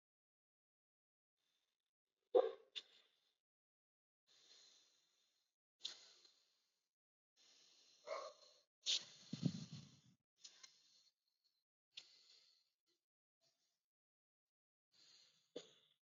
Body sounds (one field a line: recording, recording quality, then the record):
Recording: deep breathing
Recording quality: excellent, no background noise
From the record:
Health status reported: COVID-19 positive, mild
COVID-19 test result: positive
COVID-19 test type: RT-PCR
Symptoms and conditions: cough, cold, fatigue, diarrhoea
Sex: male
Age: 23 years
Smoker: no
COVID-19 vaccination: both doses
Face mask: not worn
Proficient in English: yes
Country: India